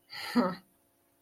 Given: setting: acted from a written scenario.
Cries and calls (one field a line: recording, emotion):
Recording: vocal sound without words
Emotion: contempt